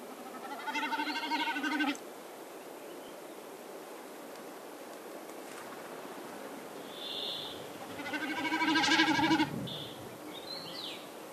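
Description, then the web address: Common snipe making two bouts of rapid, vibrating bleating sounds. "Голоса птиц Бекас"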